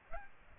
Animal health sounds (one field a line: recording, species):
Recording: mosquito wingbeat signal from an infrared sensor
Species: Aedes aegypti